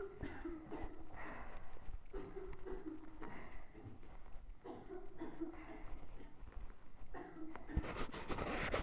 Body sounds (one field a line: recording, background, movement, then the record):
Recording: deep breathing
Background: a bystander coughing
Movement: walking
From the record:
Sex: female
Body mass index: 22.6 kg/m2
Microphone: on the chest, facing the body